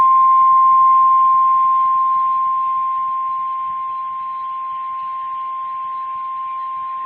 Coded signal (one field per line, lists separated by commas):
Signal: Emergency Alert System (SAME) tones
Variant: 1050 Hz attention tone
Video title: (RARE!) FOUR FIRE WARNINGS in Amarillo, TX! (FULL EAS TONES) (EAS #55-58)